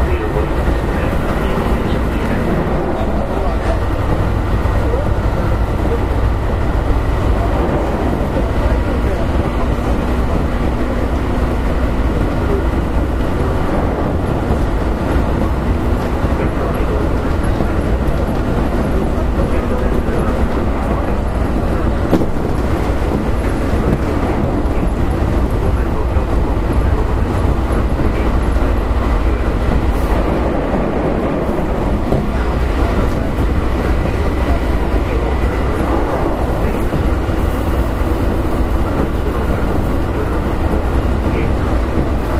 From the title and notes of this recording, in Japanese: 京阪5000系 準急 京橋から枚方市まで。京阪電気鉄道5000系電車の走行音です。京阪本線の準急列車で録音しました。